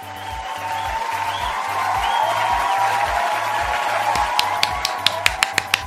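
Steady applause and crowd noise, called for in honour of a 'maestro', roll over a pulsing low beat, then thin out into a handful of sharp, separate claps near the end.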